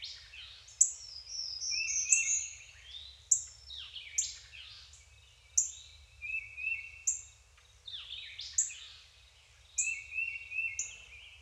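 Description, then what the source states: Songbird chorus of sharp high whistled notes and quick downward slurs, overlapping a lower trilled warble that recurs. Deciduous forest, daytime.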